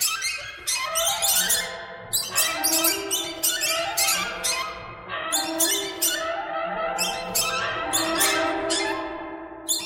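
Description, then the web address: Birds chattering in a dense, overlapping chorus of squeaky chirps and sweeping notes that swell and fade in bursts. "soundfactory birds"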